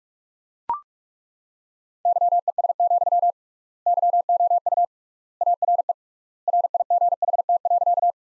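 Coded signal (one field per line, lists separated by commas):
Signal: Morse code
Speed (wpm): 41 wpm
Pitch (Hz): 700 Hz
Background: none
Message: YES, YOU ARE RIGHT.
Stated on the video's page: Morse practice sentences built from the top 500 words, sent at 45 wpm with 3x standard word spacing, similar to Farnsworth.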